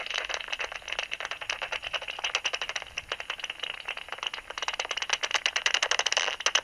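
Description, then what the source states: Bat echolocation heard as a dense run of dry, rapid clicks, ticking steadily throughout and growing louder toward the end. Recorded 27 August 2002.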